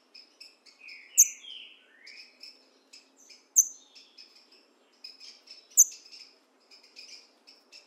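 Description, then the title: Green-winged saltator song has a few sliding whistled notes early on, while sharp high calls recur roughly every two seconds amid steady chirping. In the bush, dueling in song with a free-living bird. "Trinca Ferro NICÃ O"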